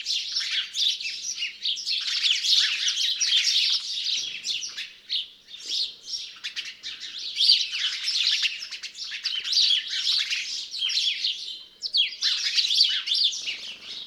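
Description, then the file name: House sparrow chirping, a busy, nearly continuous chatter of rapid overlapping chirps in surging and fading waves, with brief dips. "Passer domesticus"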